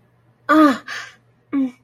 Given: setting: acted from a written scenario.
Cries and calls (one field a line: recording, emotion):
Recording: vocal sound without words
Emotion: distress